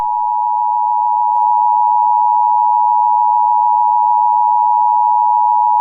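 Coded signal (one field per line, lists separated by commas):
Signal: Emergency Alert System (SAME) tones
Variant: 853 and 960 Hz attention tone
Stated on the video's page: Fictional EAS scenario, not a real alert.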